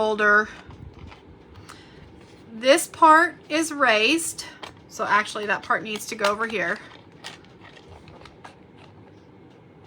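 Someone talks while lining up a plastic embossing folder, with a raised part and a sunken part, onto a combo cutting die or plate, trying one orientation and then correcting it. Talk fills the first seven seconds, followed by a few faint, brief handling taps from repositioning between about 7.1 and 8.5 s. The folder has not clicked into place yet.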